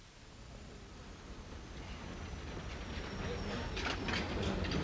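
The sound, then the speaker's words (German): A train rumbles steadily along the rails, heard from inside a train compartment, a broad low roar with a faint high whine, growing slightly louder as rhythmic clattering bursts appear toward the end. “Ein Eisenbahnabteil.”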